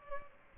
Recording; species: mosquito wingbeat signal from an infrared sensor; Aedes albopictus